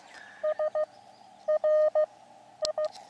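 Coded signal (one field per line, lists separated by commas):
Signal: Morse code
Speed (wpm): 15 wpm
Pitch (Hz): 610 Hz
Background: none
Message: SRI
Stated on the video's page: QRP portable CW contact on an Elecraft KX2 with a random wire antenna, radio overheating in summer sun.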